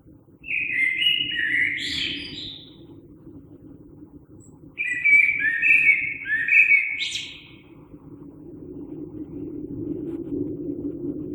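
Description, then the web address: Common blackbird singing two melodious phrases with sharp high twitters at their ends, against continuous low-pitched background hum. Recorded 3 March 2020. "oiseaux Merle 2020 03 03"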